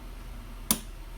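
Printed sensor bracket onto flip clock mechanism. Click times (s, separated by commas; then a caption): 0.7 s. A 3D-printed sensor bracket is pushed around the round boss, the "eye," of a 1950s Italian flip clock mechanism. A single sharp click at 0.7 s stands out against quiet background hiss as the bracket clicks into place.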